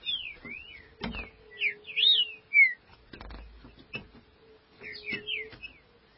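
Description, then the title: Green-winged saltator song of quick slurred whistles, partly masked by knocking and thumping sounds and a low hum. "Trinca Ferro"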